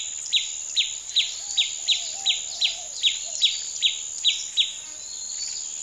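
Bird giving about a dozen sharp, high downslurred chirps in a steady series, with faint lower whistles beneath.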